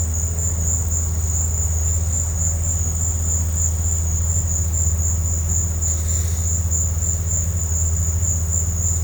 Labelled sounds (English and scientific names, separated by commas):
none